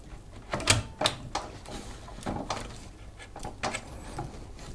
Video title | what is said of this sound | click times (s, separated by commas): How To Install Or Upgrade A GPU - Graphics Card Graphic card swap | Push the card in firmly until you hear it click into position. | 0.7 s, 1.1 s